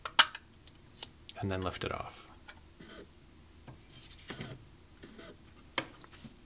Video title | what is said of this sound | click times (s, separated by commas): HighPi Pro Case for Raspberry Pi - Assembly | just push against this back edge with your thumbs until it clicks forward and | 0.1 s